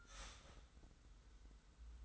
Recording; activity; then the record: daily activity, microphone in the room; start toaster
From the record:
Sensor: 3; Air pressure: 990.7 hPa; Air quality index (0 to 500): 157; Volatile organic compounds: 704 ppm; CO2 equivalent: 5046 ppm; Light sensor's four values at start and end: 38/90/36/34 and 38/90/36/34